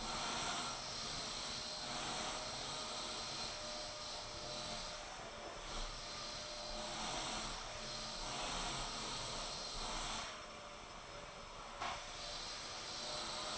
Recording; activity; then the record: daily activity, microphone in the room; vacuum cleaning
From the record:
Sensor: 5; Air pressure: 1002.1 hPa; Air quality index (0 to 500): 211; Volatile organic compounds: 21 ppm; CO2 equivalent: 2737 ppm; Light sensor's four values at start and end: 10/24/10/11 and 10/24/10/11